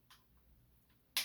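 A small plastic folding panel on a transforming toy, one that often refuses to click, is pressed until it snaps into place. Two faint ticks come at about 0.1 s and 0.9 s, then a loud, sharp click at 1.2 s shows the panel has seated. No one talks in this short clip.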